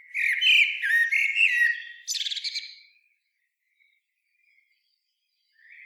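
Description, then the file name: Common blackbird song, a rich flute-like warble followed by a scratchy high-pitched flourish, then near silence and a faint start of a new phrase. "Turdus merula"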